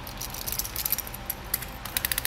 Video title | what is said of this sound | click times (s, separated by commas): etrailer - DIY 2022 Toyota Tundra Installation for the Konig Tire Chains | and then once it's like that you hear how that's clicking | 0.9 s, 1.5 s, 2.0 s, 2.1 s